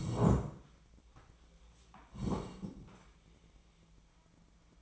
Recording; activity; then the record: daily activity, microphone in the room; sit down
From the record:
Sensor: 1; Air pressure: 1012.3 hPa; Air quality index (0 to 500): 172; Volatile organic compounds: 3 ppm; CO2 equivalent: 1418 ppm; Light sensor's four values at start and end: 47/126/52/64 and 45/122/50/61